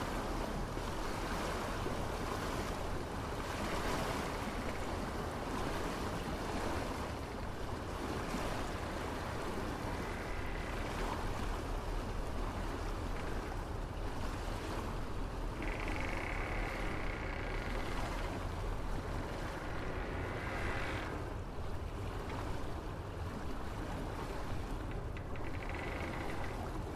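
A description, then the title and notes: Waves wash steadily around an old ship under a constant wind, the rush dense and full from low rumble up through a hissing top. Brief higher tones around 16, 21 and 26 seconds could be timbers creaking against the swell. A merchant ship bound for a distant port. The sounds of waves, the wind, and the creaking old ship.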